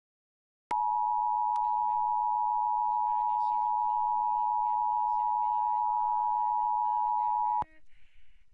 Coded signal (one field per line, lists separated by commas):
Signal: Emergency Alert System (SAME) tones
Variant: 853 and 960 Hz attention tone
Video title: Severe Thunderstorm EAS Alert on WUPA